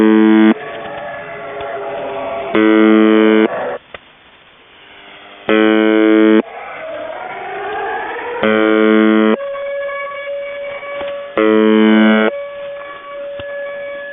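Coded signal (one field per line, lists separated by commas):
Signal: channel marker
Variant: UVB-76 (The Buzzer)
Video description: Russian Buzzer UVB-76 seen with active air-raid siren audio jamming.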